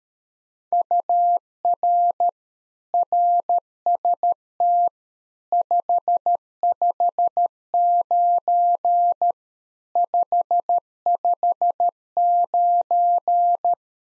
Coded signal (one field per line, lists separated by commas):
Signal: Morse code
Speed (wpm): 13 wpm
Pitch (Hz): 700 Hz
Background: none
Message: UR RST 559 559